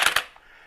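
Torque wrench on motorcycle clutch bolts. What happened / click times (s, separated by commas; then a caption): The torque wrench clicked at its low preset setting / 0.2 s. A torque wrench set to a low preliminary setting snugs the clutch cover bolts in sequence during a 2008 Harley-Davidson SE clutch installation. Two short, sharp bursts are heard, the second being the wrench's little click at 0.2 s, followed by a quiet decay. The click only marks the low preliminary setting, so the bolts are not yet at final torque.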